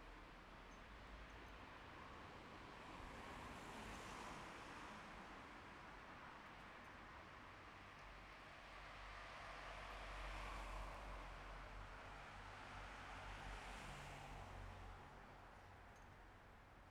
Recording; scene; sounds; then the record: everyday scene through a hearing-aid microphone; in traffic; traffic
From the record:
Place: bus stop on a city main road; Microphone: behind the ear, left, front